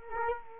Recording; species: mosquito wingbeat signal from an infrared sensor; Culex quinquefasciatus